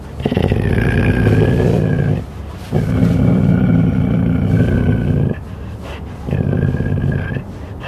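Cougar making long, gravelly growling calls in three bouts broken by brief pauses.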